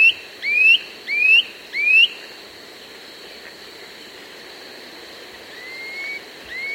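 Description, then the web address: Gray Antwren song of four rising whistled notes in quick succession, then a long pause before fainter upslurred whistles resume near the end. South America. "Natures Songs S America Gray Antwren"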